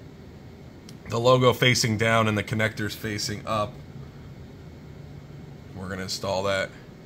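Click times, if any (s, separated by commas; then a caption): none. A plastic micro SD card, held logo down with its contacts up, is handled at the spring-loaded card slot of a Xiegu X6100 portable HF transceiver while someone talks over a low steady background hum, with one brief faint tick near 0.9 s. The clip ends before the card goes in, so nothing has seated or clicked yet.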